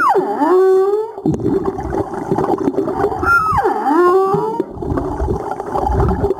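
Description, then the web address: Humpback whale calls: two harmonic swooping units, each sliding steeply down then levelling into a steady tone, separated by crackling, gurgling underwater noise. Recorded 17 April 2022. "2022 04 17 jubarte"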